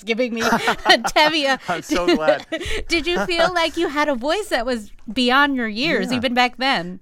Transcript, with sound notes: It's giving me Tevye.
I'm so glad.
(LAUGHTER)
Did you feel like you had a voice that was beyond your years, even back then?